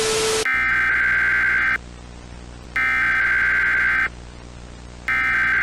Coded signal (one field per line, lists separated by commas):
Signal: Emergency Alert System (SAME) tones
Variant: header bursts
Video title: EAS Scenario: The Outage [REMASTERED]